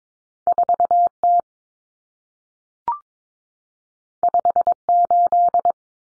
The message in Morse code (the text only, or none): 4T 58